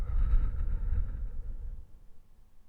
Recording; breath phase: one breath near a microphone; exhalation